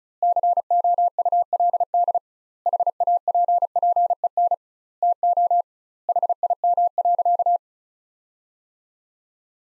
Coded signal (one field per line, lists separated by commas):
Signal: Morse code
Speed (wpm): 34 wpm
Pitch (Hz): 700 Hz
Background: none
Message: COULD HAPPEN TO HIM.